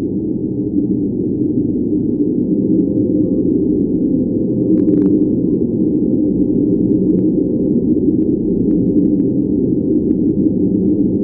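Deep space wind rendered as a steady, dense low rushing noise, muffled with nothing bright above it. It holds an even level throughout, with a faint brief crackle near five seconds and a few tiny ticks later on.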